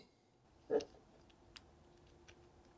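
Replacement plastic shell halves for a Fiat Ducato / Ram Promaster (Stellantis) flip key remote are handled and pressed together over the circuit board. A dull handling bump comes at about 0.7 s, then light plastic ticks at 1.6 s and 2.3 s against a quiet background. Nothing has seated or snapped closed yet.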